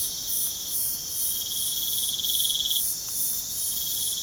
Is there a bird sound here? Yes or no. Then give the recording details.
no. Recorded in pastures near Puerto Asís, Putumayo, Colombia, on 27 June 2025 at 03:30. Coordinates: 0.497, -76.327. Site G040